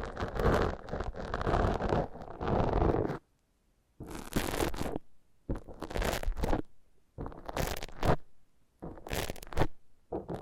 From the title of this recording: Foam Massage